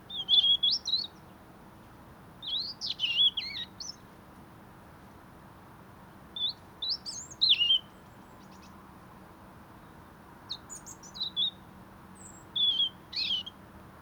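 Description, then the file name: European robin singing several short, varied phrases of high warbles and trills, separated by pauses. "Erithacus rubecula"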